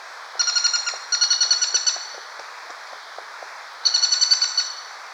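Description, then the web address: Greater flameback giving fast, harsh rattles in two quick bursts, a pause, then another burst near the end. A pair calling. "Greater Flameback Calls of Pair"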